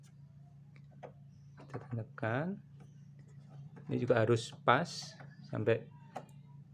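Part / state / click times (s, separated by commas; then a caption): cable plug into TV/set-top box input socket / seated / 6.2 s. A cable plug is pushed into the input socket of a TV or set-top box during set-up, and it has to go in fully so the device will detect it. Someone talks over a low steady hum, with a few faint ticks early on. The plug seats with a short, sharp click at 6.2 seconds.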